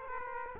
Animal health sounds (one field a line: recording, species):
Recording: mosquito wingbeat signal from an infrared sensor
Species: Aedes aegypti